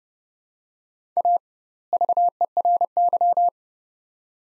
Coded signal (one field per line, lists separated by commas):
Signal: Morse code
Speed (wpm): 30 wpm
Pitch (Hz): 700 Hz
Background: none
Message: A VERY